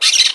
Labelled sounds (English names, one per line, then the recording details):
Brown-throated Parakeet contact call
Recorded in Margarita
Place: San Francisco, near stadium
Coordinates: 11.018, -64.294